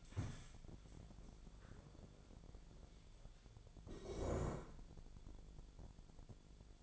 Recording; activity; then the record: daily activity, microphone in the room; stand up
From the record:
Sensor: 5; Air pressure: 1000.5 hPa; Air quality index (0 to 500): 150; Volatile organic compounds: 2 ppm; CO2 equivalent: 1156 ppm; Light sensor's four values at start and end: 49/114/48/51 and 49/114/48/51